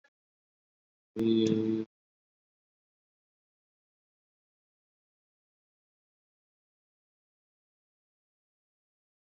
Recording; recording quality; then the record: sustained vowel as in beet; moderate, slight background noise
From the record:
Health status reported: COVID-19 positive, mild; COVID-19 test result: positive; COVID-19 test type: RT-PCR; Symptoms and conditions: fatigue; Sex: male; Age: 34 years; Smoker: no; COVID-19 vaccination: both doses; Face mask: worn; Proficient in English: yes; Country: India